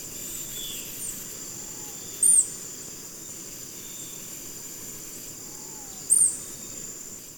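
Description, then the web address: Golden-collared Honeycreeper: two brief, very high, down-curving notes about four seconds apart, with a faint steady high hum behind. Ecuador. "Birds of Ecuador. Golden-Collared Honeycreeper"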